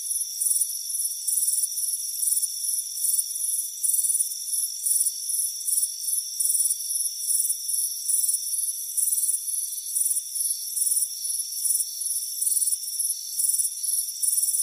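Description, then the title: Insistent high cricket chirps repeat in short trains, nearly continuous, with a smooth shrill tone running beneath throughout. Chirping crickets on a warm afternoon, heard from a front porch. "Soothing Crickets Chirping Sound"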